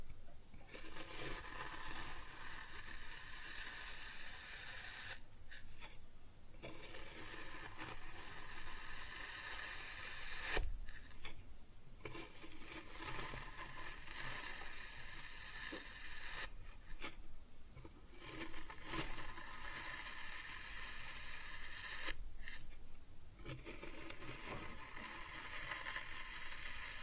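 Kinetic sand being cut and scooped, a soft, dense gritty hiss that runs almost continuously. Brief gaps break it around 5, 10, 17 and 22 seconds, with a dull thump near 10 seconds, before the crumbly scraping resumes at a steady level.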